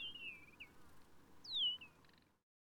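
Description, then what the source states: Bird singing two whistled phrases that swoop downward, the second louder, followed by a brief buzzy rattle. Ecstatic songs of three males in a territorial dispute.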